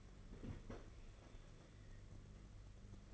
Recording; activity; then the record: daily activity, microphone in the room; open fridge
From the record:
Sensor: 4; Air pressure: 992.6 hPa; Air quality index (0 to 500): 168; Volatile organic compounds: 242 ppm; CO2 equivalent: 4338 ppm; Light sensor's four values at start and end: 19/67/25/25 and 19/66/24/25